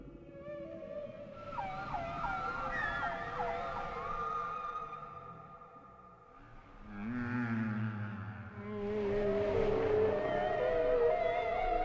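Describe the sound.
Whale song with harmonic moans: a run of repeated short whoops near the start, then lower wavering tones over a steady low rumble.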